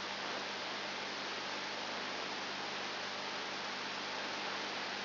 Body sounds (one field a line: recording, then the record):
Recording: brain microelectrode recording played as sound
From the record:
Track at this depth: outside the subthalamic nucleus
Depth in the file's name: 6.7 mm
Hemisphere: left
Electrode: 2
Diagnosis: Parkinson's disease